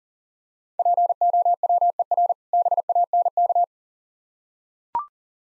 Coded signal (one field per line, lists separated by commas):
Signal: Morse code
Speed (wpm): 40 wpm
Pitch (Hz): 700 Hz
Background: none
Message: POWER BANK